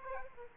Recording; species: mosquito wingbeat signal from an infrared sensor; Aedes aegypti